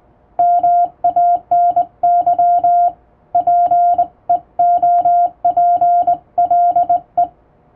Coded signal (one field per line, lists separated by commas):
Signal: Morse code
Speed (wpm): 20 wpm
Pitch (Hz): 700 Hz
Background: music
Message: MANY PEOPLE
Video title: 【Radio operator morse code training】This is Morse code practice video. There is morse exam in japan.